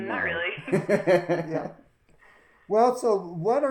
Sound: chuckles